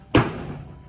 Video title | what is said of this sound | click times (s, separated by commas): Roofivent metal standing seam installation | and it will click in. | 0.1 s